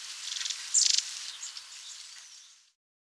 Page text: Long-Tailed Tit Calls. Quick Sounds